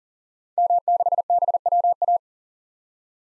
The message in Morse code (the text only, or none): M6BWA